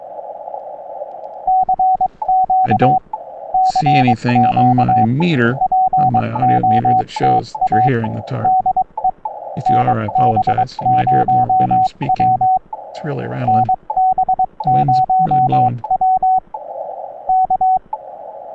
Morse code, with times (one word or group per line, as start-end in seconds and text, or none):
1.5-3.0 CQ
3.5-5.0 CQ
5.6-7.9 POTA
8.4-9.1 DE
9.7-12.6 NB0W
13.5-16.4 NB0W
17.3-17.8 K